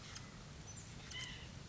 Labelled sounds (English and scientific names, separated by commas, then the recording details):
White-breasted Nuthatch (Sitta carolinensis)
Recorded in Sonoma County, California